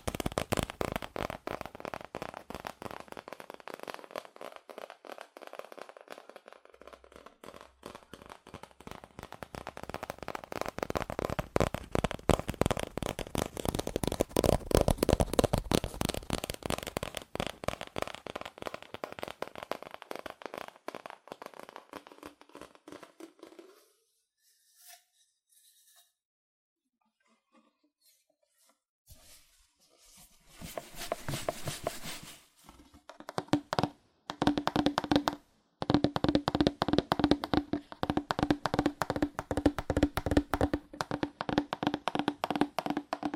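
Fast, aggressive tapping on cardboard, a dense run of sharp knocks that swells louder toward the middle before thinning out around 24 seconds. After a near-silent gap, the tapping returns in choppy bursts from about 30 seconds, with brief pauses, then continues steadily to the end.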